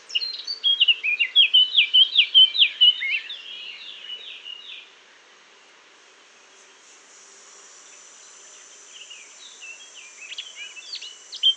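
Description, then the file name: Eurasian blackcap giving a fast, rich warbling phrase of twittering notes for about five seconds, a long quiet gap, then a fainter warble starting again. "Sylvia atricapilla"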